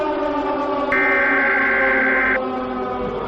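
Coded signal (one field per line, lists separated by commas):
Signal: Emergency Alert System (SAME) tones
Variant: header bursts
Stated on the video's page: Fictional EAS scenario.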